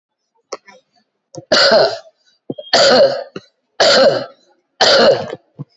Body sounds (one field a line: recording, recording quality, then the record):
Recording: heavy voluntary cough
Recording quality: excellent, no background noise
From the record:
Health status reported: COVID-19 positive, mild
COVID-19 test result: positive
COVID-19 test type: RT-PCR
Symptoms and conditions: cough, cold, muscle pain, chronic lung disease, ischaemic heart disease, another condition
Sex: female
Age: 81 years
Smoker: no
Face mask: not worn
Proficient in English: no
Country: India